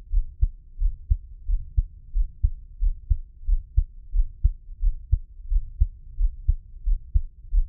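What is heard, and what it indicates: A steady heartbeat at about 90 beats per minute, heard close up in ASMR style as deep, low thumps, with no talking.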